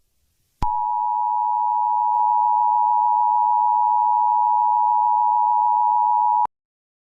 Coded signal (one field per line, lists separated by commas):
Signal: Emergency Alert System (SAME) tones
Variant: 853 and 960 Hz attention tone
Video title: The Turkey Hunters | A Thanksgiving EAS Scenario (Special)